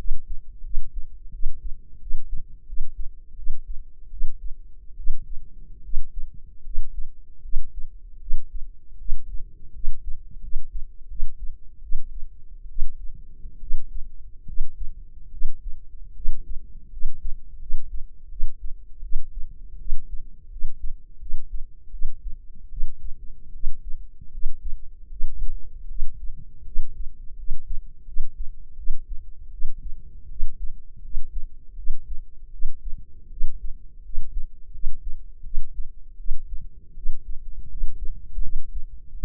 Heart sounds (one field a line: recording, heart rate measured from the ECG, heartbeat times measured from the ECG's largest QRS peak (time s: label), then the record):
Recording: heart sounds by microphone in the left ear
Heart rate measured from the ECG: 80 bpm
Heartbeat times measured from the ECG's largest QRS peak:
0.61 s: heartbeat
1.29 s: heartbeat
1.97 s: heartbeat
2.63 s: heartbeat
3.34 s: heartbeat
4.08 s: heartbeat
4.94 s: heartbeat
5.80 s: heartbeat
6.61 s: heartbeat
7.40 s: heartbeat
8.17 s: heartbeat
8.96 s: heartbeat
9.70 s: heartbeat
10.38 s: heartbeat
11.06 s: heartbeat
11.79 s: heartbeat
12.66 s: heartbeat
13.57 s: heartbeat
14.43 s: heartbeat
15.28 s: heartbeat
16.12 s: heartbeat
16.88 s: heartbeat
17.57 s: heartbeat
18.27 s: heartbeat
18.99 s: heartbeat
19.76 s: heartbeat
20.47 s: heartbeat
21.17 s: heartbeat
21.89 s: heartbeat
22.67 s: heartbeat
23.50 s: heartbeat
24.29 s: heartbeat
25.07 s: heartbeat
25.85 s: heartbeat
26.62 s: heartbeat
27.34 s: heartbeat
28.03 s: heartbeat
28.74 s: heartbeat
29.48 s: heartbeat
30.26 s: heartbeat
30.99 s: heartbeat
31.73 s: heartbeat
32.48 s: heartbeat
33.27 s: heartbeat
34.00 s: heartbeat
34.69 s: heartbeat
35.41 s: heartbeat
36.15 s: heartbeat
36.92 s: heartbeat
37.66 s: heartbeat
38.39 s: heartbeat
39.09 s: heartbeat
From the record:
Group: healthy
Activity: cold pressor test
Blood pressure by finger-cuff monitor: 122/66 mmHg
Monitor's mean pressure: 85 mmHg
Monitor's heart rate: 80 bpm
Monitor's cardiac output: 7.7 L/min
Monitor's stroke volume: 96 mL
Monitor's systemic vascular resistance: 810 dyn s/cm5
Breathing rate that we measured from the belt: 17 breaths a minute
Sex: female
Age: 23 years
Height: 160 cm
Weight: 50.4 kg